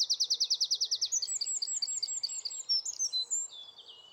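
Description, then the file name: Eurasian wren song opening with a fast, evenly pulsed high trill, then tumbling into varied chirps and shorter trills. "Troglodytes troglodytes"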